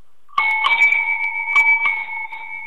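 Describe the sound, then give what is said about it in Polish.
A non-electric bicycle bell bought in Amsterdam rings with a bright metallic trill, two steady high tones sustained for over two seconds while sharp repeated strikes add a rattling, uneven pulse. “jaki sobie kupiłem ostatnio dzwonek w Amsterdamie do roweru.”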